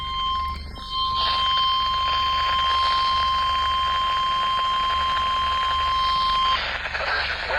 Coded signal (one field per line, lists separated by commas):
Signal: Emergency Alert System (SAME) tones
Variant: 1050 Hz attention tone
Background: speech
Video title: Severe Thunderstorm Warning (EAS #1,855)